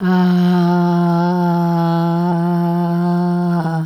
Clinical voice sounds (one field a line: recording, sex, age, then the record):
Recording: sustained vowel /a/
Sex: female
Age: 70 to 79 years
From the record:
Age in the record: 76 years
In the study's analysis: included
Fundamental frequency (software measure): 172 Hz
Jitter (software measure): 0.32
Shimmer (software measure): 0.73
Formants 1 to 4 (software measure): 822 Hz, 1436 Hz, 3736 Hz, 4441 Hz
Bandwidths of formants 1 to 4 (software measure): 132 Hz, 218 Hz, 374 Hz, 252 Hz